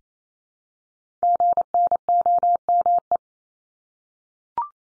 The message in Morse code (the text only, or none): GNOME